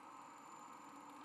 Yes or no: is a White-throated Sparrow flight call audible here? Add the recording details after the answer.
no. No flight call is heard. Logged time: 03:39 on 24 November 2014